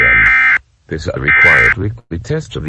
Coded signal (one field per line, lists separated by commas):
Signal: Emergency Alert System (SAME) tones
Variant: end-of-message bursts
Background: speech